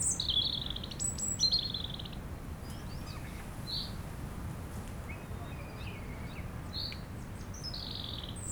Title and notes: Chindrieux, France - rouge gorge. Au soleil sur la pelouse en pente de la plage de Châtillon , à l'abri du vent du Nord , un rouge gorge chante non loin , rumeur du vent dans les arbres